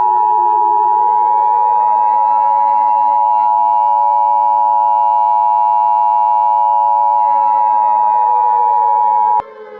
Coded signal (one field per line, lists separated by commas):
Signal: Emergency Alert System (SAME) tones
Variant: 853 and 960 Hz attention tone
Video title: EAS Scenario - Vampire Hunters (Part 2)